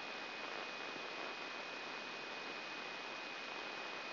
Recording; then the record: brain microelectrode recording played as sound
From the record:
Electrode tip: inside the subthalamic nucleus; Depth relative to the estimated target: 3 mm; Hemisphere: right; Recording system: AlphaMap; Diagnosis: Parkinson's disease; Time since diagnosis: 16 years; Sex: male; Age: 60 years